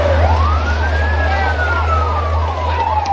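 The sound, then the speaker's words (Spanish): A police car siren at night outside a church wails, its pitch sweeping up and then sliding slowly down, over a loud, steady low engine rumble with no one speaking. “Ve coches policía y multitud de curiosos ante la iglesia de San Miguel.”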